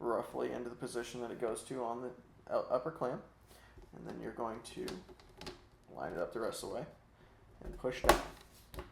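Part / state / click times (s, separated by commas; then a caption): plastic LCD bezel onto laptop display upper clamp / not seated / none. Someone talks while laying the plastic LCD bezel of a Dell Chromebook 3120 onto the laptop display's upper clamp and lining it up, with a few brief handling taps. Nothing has seated or clicked yet; the clip ends just before the bezel's plastic clips snap onto the clamp.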